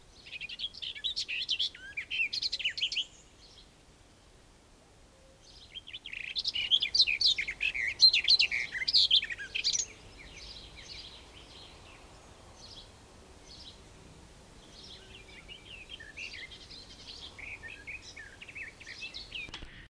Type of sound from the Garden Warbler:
song